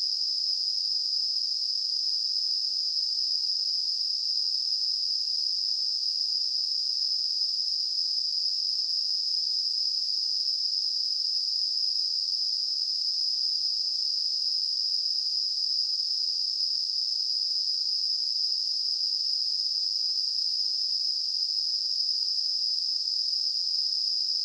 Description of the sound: Tinnitus.